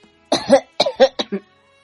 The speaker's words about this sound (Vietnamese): Tiếp nhận trà uống một hơi cạn sạch, nhưng là sau khi uống xong thì nhẹ ho lên.